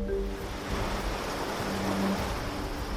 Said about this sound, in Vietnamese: Dọc theo những làng chài đơn sơ, quanh năm nghe tiếng sóng vỗ rì rào, người dân nước Việt nương theo điều kiện tự nhiên để sinh sống